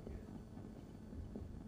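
Abdominal percussion: the examiner taps on their own finger placed on an adult patient's abdomen, giving a normal tympanic percussion note. The note changes with what lies in the abdomen; normally it is tympanic over the whole abdomen.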